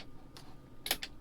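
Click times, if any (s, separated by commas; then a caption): 0.9 s. In the sleeper cab of a 2019 International truck, a small release is pushed and the fold-down desk tray is pushed back in until it locks into its latch in the sleeper cabinet. A faint tick sounds at 0.4 s, then a sharp, bright click at 0.9 s, followed by a lighter tick at 1.0 s. The tray is latched in place.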